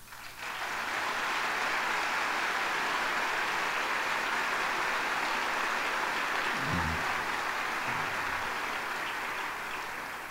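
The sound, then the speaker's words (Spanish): Steady, dense audience applause at a recorded poetry reading by Jaime Sabines fills the whole recording, a broad hiss of many hands clapping at even loudness, with a couple of brief low thumps partway through. “Supongo, por los aplausos, por cómo se escucha, supongo que esta grabación se hizo justamente en aquel homenaje, en aquella lectura que se le hizo en el Palacio de Bellas Artes en la Ciudad de México.”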